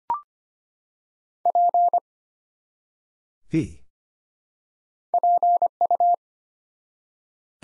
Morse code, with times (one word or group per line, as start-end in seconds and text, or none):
1.5-2.0 P
5.1-6.1 PU